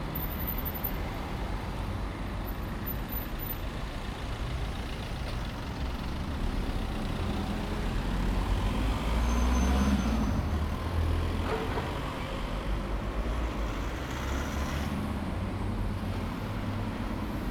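Ordinary cars drive past a house, heard as a steady low road rumble that swells as a vehicle passes around nine to eleven seconds, then eases back. The traffic noise stays dense and continuous, with a faint high whine near the start.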